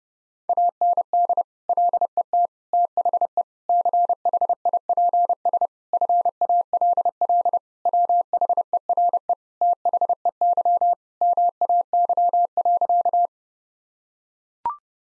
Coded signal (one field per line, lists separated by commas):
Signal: Morse code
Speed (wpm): 30 wpm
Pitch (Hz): 700 Hz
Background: none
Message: AND LET THE CHIPS FALL WHERE THEY MAY.